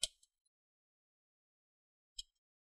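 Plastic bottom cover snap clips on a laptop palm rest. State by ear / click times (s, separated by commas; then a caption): released / 0.0 s, 2.2 s. An opening tool is wedged between the plastic bottom case and the palm rest of an Acer Aspire 3 N19C1 (A315-56) laptop and twisted about 45 degrees to release the snap clips along the side. Sharp cracking clicks sound at 0.0 s and 2.2 s, with a faint tick at 0.2 s, in otherwise silent surroundings. The clicks are normal: the bottom cover's snap clips pop loose and the cover is released.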